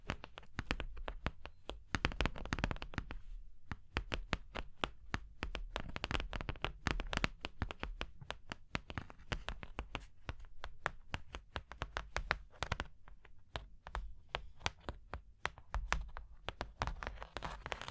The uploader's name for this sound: Hypnotic Surface Tapping, Scratching, Tracing Sounds